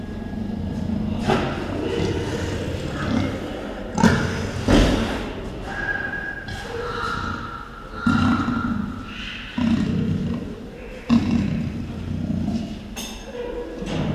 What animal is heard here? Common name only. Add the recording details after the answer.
Leopard. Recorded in captivity. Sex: female. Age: adult. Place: Tierpark Berlin, Berlin, DE. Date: 1974-01-13. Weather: sunny, ca. 5°C. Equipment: Uher 4200 Report Stereo, Sennheiser MD 421, Verstärker. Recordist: Tembrock, Günter. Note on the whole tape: Schwarzer Panther, Weibchen: Defensivlaute, liegt dabei in der hinteren Ecke - Knurren, Fauchen, Stoßlaute. Abstand 8 m